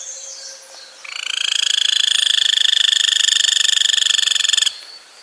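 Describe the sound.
Golden-olive woodpecker call, a rapid steady rattle lasting over three seconds without change in pitch, preceded by a faint thin whistled tone and quiet background.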